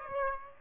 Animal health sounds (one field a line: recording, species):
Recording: mosquito wingbeat signal from an infrared sensor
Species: Aedes aegypti